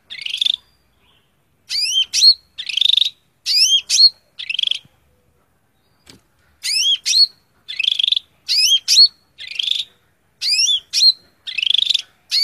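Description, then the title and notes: Greater green leafbird singing strong, varied phrases of upward-sweeping whistles and buzzy notes, with short pauses between phrases and a longer break midway. Used as a masteran, a training recording for teaching captive birds to sing. "Suara Burung Cucak Ijo. mantap buat masteran burung cak ijo"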